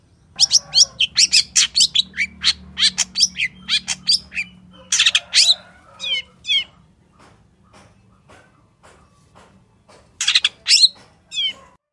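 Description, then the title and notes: Long-tailed shrike song: a fast burst of scratchy chips and slurred whistles, a quieter stretch of faint ticking notes, then another loud harsh phrase near the end. Wild local long-tailed shrike singing in the morning with varied 'toet toet' notes; full song used as a master recording for training and provoking caged birds to sing. "Cendet Gacor Dor Di Kala Pagi Toet Toet Variasi Suara. MASTERAN CENDET LOKAL ALAM GACOR FULL ISIAN BUAT PANCINGAN. Burung cendet"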